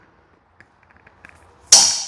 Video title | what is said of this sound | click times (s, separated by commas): Workin With The Wife! She Helps Change a Wheel Bearing On a 2013 Nissan Titan! | there you go that's the click that's that wasn't my elbow | 1.7 s